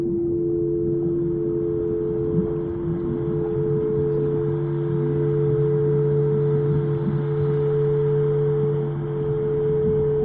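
Singing bowls ring in a steady, unbroken drone, with two bright sustained tones around the middle and a deeper hum below that swells slightly after four seconds. Beneath them a low rumbling wash churns continuously, with a faint hiss above, and the level stays even throughout.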